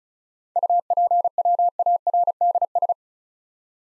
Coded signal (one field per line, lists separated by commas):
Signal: Morse code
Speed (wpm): 36 wpm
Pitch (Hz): 700 Hz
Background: none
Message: UPWARDS